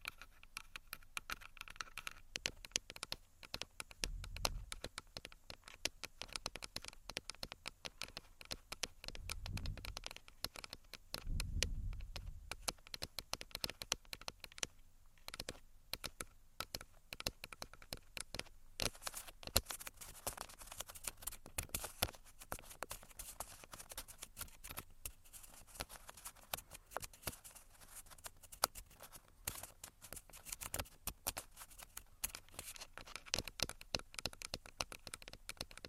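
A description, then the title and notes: Fingers tap, scratch and flutter against a recorder's body, making a dense, busy stream of small clicks and scrapes. Three deep thumps land around 4, 10 and 12 seconds, and the scratching turns brighter and hissier in the second half. Tascam Tapping, Scratching, Finger Fluttering.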